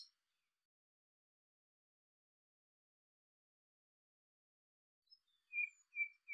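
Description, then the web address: Bird calls: after long silence, three clear, slightly downslurred whistled notes in quick succession near the end, with a faint high chirp at the very start. "cianscape birddata Deverinetal 2025"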